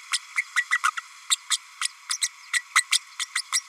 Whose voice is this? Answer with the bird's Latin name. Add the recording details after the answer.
Forpus passerinus. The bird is a female. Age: 32 days. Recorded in a nest box in Venezuela. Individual 17B32A5